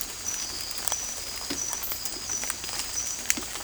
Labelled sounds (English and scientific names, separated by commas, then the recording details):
none
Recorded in secondary vegetation near Puerto Asís, Putumayo, Colombia, on 16 December 2024 at 02:30
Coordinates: 0.481, -76.318
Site G042